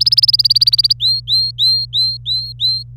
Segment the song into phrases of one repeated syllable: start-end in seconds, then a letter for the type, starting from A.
0.00-0.93 A, 1.00-2.83 B